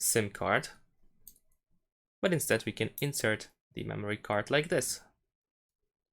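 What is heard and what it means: A microSD memory card is handled at the SIM tray slot of a CMF Phone 2 Pro smartphone while someone talks. Faint, brief handling taps come in a quiet gap between the speech. Nothing has seated or clicked yet; the card is not fully in when the clip ends.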